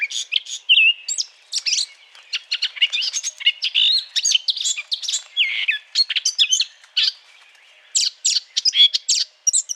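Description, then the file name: Eurasian blackcap song, bursts of rapid squeaky warbling notes separated by brief silences, high-pitched and lively. Courtship song; recorded 20 April 2009. "090420 fauvette A- t Aate noire chant de s A©duction LPC"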